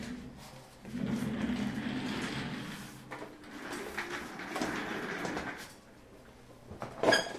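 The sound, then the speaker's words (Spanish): Chair being moved and swapped: several seconds of scraping, shuffling and creaking with dull knocks, ending in a short sharp clack. No one speaks. “Me voy a cambiar de silla porque como el micrófono este lo tengo un poco más bajo porque el cable USB no me llega, pues me voy a cambiar de silla porque si no me va a entrar un dolor de espalda alucinante.”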